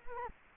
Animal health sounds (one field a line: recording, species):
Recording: mosquito wingbeat signal from an infrared sensor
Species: Culex quinquefasciatus